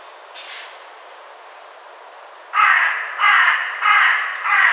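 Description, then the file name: Carrion crow cawing, a faint call near the start then four harsh, hoarse caws in quick succession, about one every two-thirds of a second. "Corvus corone"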